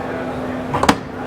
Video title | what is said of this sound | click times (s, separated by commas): The BRAND NEW Center Console that STOLE the Show - Fort Lauderdale Boat Show 2023 | you're actually going to push this button and the cleat is going to pop up and snap into place and kind of lock there and then you can push it right back down | 0.8 s, 0.9 s